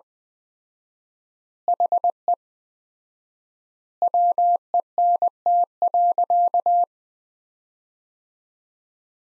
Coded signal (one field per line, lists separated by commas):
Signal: Morse code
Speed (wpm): 20 wpm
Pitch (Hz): 700 Hz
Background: none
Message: HE WENT.